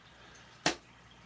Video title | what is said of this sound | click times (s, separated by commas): LEGO Solo; A Star Wars Movie Tie Fighter | you put the pieces together you'll hear a nice click and there | 0.7 s